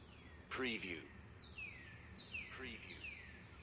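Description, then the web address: Birds calling: a loud harsh note, then several clear descending whistles, over a constant high drone. Birds chirping in a forest. "sound-effects-bible Forest Birds Chirp"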